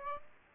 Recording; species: mosquito wingbeat signal from an infrared sensor; Aedes aegypti